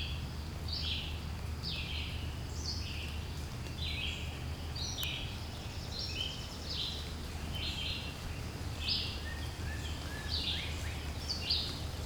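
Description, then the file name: Birds give scattered, high, sliding notes at irregular intervals above a steady low-pitched drone. "Relaxing Sounds Lab - Birds Singing"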